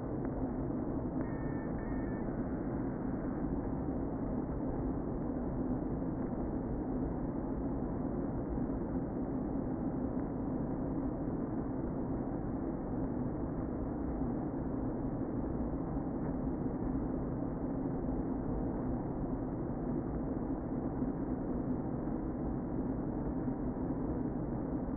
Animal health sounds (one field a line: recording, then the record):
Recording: honeybee colony, microphone inside the hive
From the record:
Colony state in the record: queen present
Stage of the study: before two queens were removed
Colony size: about 60,000 bees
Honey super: yes